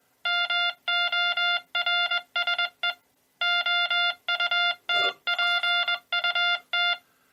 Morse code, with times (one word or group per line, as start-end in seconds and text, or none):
0.3-2.9 MORSE
3.4-6.9 OUTPUT